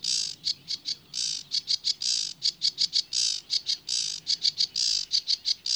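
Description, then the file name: Sedge warbler song: harsh, scratchy chattering notes in quick bursts, mixing rasping churrs with short clicking phrases, running continuously throughout. "Rietzanger"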